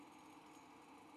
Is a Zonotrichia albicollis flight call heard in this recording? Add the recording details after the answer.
no. No flight call is heard. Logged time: 08:48 on 5 December 2014